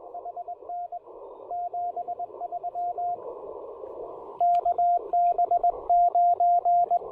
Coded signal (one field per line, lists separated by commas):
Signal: Morse code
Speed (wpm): 22 wpm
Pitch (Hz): 690 Hz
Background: radio noise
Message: HN 73 KB9